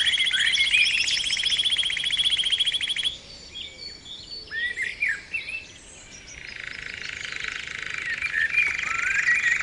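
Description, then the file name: Canary song opening with a loud buzzy trill, then softer scattered chirps and twitters against steady hiss, with a trill returning at the end. Canary therapy (training) song. "kenari terapi omkicau"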